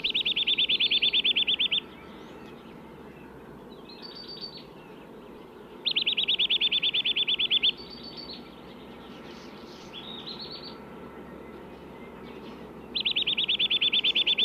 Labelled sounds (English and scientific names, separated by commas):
Eurasian Nuthatch (Sitta europaea) song